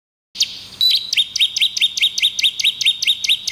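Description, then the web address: Bird calls, a rapid steady series of high, sharp upswept chirps after a brief rough opening note. "Chika Pengusir-Hama-Burung-Otomatis. bird Recording 2"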